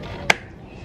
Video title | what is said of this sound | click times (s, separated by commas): Ryobi Gas Trimmer REVIEW, TUTORIAL, and UNBOX | once you hear a pop meaning it's pop locked in place you can't pull this out any more but | 0.3 s